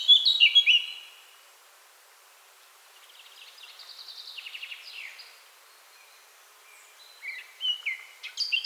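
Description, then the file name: Eurasian blackcap song in fragments: a short, loud fluty burst, a faint scratchy warble after a pause, and a few sharp notes at the close. "Sylvia atricapilla"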